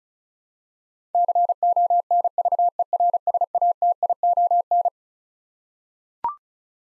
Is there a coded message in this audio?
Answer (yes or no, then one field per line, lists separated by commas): yes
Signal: Morse code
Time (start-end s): 1.1-4.9 s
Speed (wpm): 36 wpm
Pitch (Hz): 700 Hz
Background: none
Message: CONVERSATION